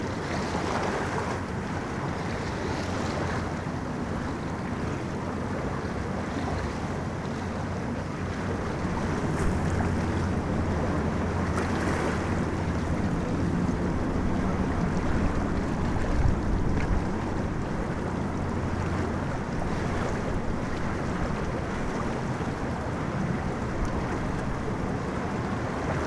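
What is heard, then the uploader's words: Outdoors on a riverbank, a steady, dense wash of low rumbling sound fills the scene, like moving water with wind mixed in. A low engine-like hum drifts through, suggesting a boat passing, and the sound swells slightly around the middle before settling. Sitting on the Riverbank.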